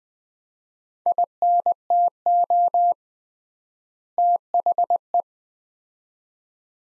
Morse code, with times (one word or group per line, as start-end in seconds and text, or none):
1.1-2.9 INTO
4.2-5.2 THE